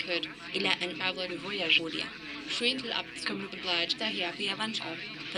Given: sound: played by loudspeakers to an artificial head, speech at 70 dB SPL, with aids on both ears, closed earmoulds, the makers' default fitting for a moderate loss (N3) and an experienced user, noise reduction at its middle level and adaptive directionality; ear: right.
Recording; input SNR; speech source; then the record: speech test signal (ISTS) in cocktail-party noise; +3 dB; on the right (90 degrees)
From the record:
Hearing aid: class 2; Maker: D